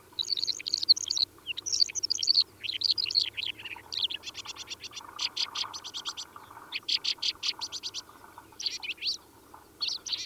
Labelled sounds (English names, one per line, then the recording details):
Mongolian Lark song
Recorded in the wild
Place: Chudjirt, MN
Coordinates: 47.013, 102.255
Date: 1979-06-06 20:35
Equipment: Nagra III BH, Sennheiser MD 21, parabola
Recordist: Schubert, Michael